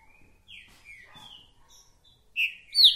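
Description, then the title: Green-winged saltator song: soft sliding whistles, then two loud whistled notes close together at the end. Calling, singing and acting male ('macheando') in a territorial dispute; a repeater giving one song after another; 'mercenário' song type; meant to warm up the listener's own trinca-ferro. "Esse É PERFEITO Para ESQUENTAR Seu TRINCA Piando, Cantando E Macheando Na DISPUTA. 🔥TRINCA FERRO REPETIDOR !! UM CANTO ATRÁS DO OUTRO!!! TRINCA FERRO MERCENARIO!"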